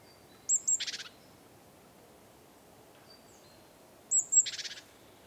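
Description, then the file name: Great tit giving two calls about three and a half seconds apart, each a sharp high note leading into a scratchy churr that fades in pulses. "Parus major"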